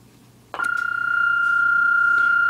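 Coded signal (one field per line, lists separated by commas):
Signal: PSK31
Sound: a soft click, then one steady unbroken pure tone to the end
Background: faint low hum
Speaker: so first of all we'll go ahead and turn on the tone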